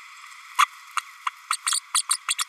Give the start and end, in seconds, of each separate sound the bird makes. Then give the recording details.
0.58-0.68, 0.97-1.00, 1.26-1.30, 1.50-1.57, 1.66-1.80, 1.94-2.03, 2.10-2.17, 2.28-2.35, 2.38-2.44. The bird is a female. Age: 32 days. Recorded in a nest box in Venezuela. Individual 17B32A5